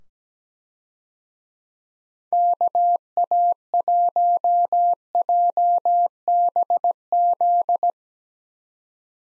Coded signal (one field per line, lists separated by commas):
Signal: Morse code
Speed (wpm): 17 wpm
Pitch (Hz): 700 Hz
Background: none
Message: KA1JBZ